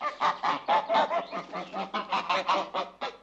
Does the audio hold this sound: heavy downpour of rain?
no